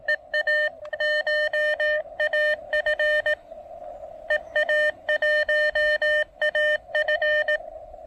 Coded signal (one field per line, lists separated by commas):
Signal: Morse code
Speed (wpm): 18 wpm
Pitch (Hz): 1800 Hz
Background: none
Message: EA CHAF EA1AF